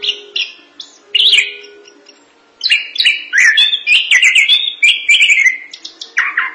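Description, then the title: Thrush song of short whistled notes, then a quiet pause, then a long, loud string of warbled and slurred phrases. "burung anis"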